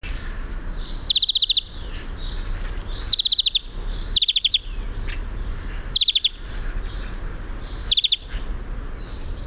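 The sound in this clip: European greenfinch calls: five short, quick chattering trills, repeated every one to two seconds over a low steady hum.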